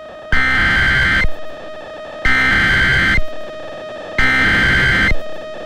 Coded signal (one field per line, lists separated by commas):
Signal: Emergency Alert System (SAME) tones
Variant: header bursts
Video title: EAS #414-415: 2 EAS Severe Thunderstorm Warnings- Aug. 17, 2020